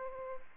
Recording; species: mosquito wingbeat signal from an infrared sensor; Aedes aegypti